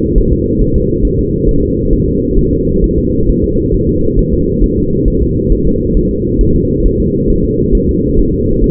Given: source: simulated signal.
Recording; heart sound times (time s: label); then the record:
fetal heart sounds
0.18 s: S1
0.33 s: S2
0.62 s: S1
0.76 s: S2
1.05 s: S1
1.19 s: S2
1.49 s: S1
1.63 s: S2
1.93 s: S1
2.08 s: S2
2.39 s: S1
2.53 s: S2
2.84 s: S1
2.99 s: S2
3.29 s: S1
3.44 s: S2
3.75 s: S1
3.89 s: S2
4.19 s: S1
4.34 s: S2
4.64 s: S1
4.78 s: S2
5.08 s: S1
5.22 s: S2
5.52 s: S1
5.67 s: S2
5.97 s: S1
6.11 s: S2
6.41 s: S1
6.56 s: S2
6.86 s: S1
7.00 s: S2
7.30 s: S1
7.45 s: S2
7.75 s: S1
7.89 s: S2
8.19 s: S1
8.34 s: S2
8.64 s: S1
From the record:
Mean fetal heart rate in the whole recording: 135 bpm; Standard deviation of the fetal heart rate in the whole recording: 3 bpm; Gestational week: 36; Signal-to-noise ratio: -15.3 dB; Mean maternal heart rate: 72 bpm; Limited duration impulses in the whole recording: present